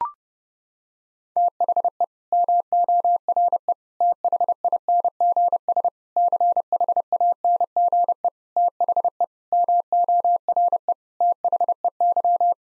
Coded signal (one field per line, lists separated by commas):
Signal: Morse code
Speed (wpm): 30 wpm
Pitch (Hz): 700 Hz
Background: none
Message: THE MORE THINGS CHANGE THE MORE THEY